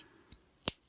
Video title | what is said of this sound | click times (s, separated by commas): Deluxe Class Sideways Review - Transformers Age of the Primes | And you can kind of hear there's a click in there. | 0.7 s